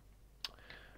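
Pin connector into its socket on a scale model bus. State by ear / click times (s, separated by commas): seated / 0.4 s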